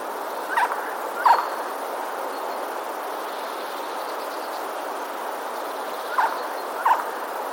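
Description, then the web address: Eurasian jay giving hoarse calls in two pairs, the pairs about five seconds apart, with faint background hiss between them. Recorded on 15 February 2022. "wroblowe ostrzegator sojka 15 02 2022"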